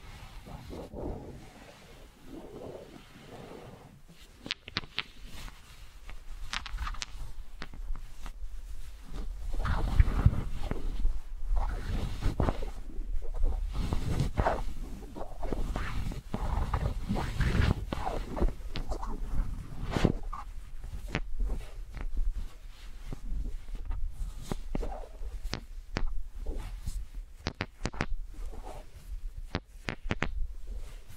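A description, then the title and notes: Wooden balls knock and roll against each other, with sharp clicks and clacks scattered irregularly throughout. The handling grows busier after about ten seconds, adding low rumbling and rolling underneath the crisp taps, then stays fairly steady to the end. ASMR Brain Tingly Wooden Ball Triggers (No Talking).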